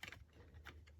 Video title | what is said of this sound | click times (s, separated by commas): Transformers generation one complete God Ginrai review. G1 vintage collection super god masterforce | Oh no, I've got it. There we go. The wheels also go around it just to give it a bit more support. And you heard that click into place. | 0.0 s